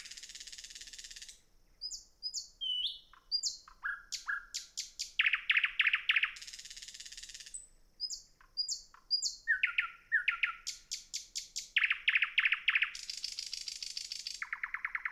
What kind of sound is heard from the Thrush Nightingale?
song